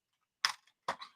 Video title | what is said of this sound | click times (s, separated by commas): Free Stampin' Up! Card Class @ Home Live – Featuring Night Divine Bundle | and these actually lock into place I've got them right in there | 0.5 s, 0.9 s